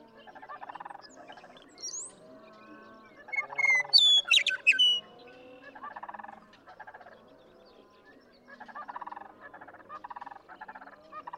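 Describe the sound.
Western meadowlark song: one loud burst of fluty whistles and gurgling notes midway through, over repeated pulsed trills and other chirping.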